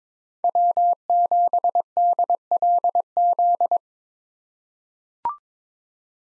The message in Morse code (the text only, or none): W7DLZ